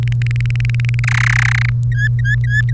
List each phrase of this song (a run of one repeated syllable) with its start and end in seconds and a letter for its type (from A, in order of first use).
0.03-0.99 A, 1.04-1.70 B, 1.92-2.73 C